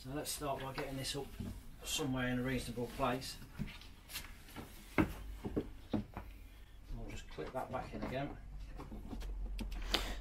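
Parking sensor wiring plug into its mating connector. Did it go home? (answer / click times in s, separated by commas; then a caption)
yes / 9.6 s, 9.9 s. Someone talks while the rear parking sensor wiring plug on a Ford Focus is plugged back into its mating connector during refitting of the rear bumper, after sealing the rear vents behind it to fix a water leak in the boot. Scattered knocks and handling noises are heard, including a sharp hit near 5.0 s. Two sharp clicks at 9.6 s and 9.9 s mark the connector seating.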